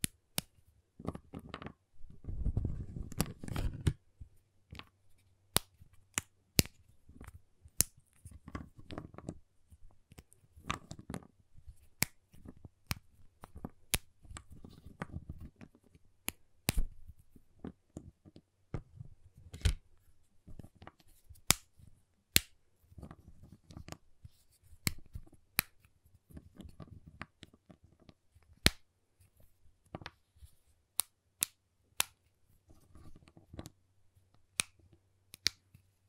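A giant chocolate bar is tapped, cut and snapped, with sharp crisp clicks and cracks scattered irregularly across the whole stretch. A heavier, thicker burst of crunching comes near the start, and a faint low hum runs underneath throughout.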